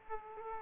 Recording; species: mosquito wingbeat signal from an infrared sensor; Aedes aegypti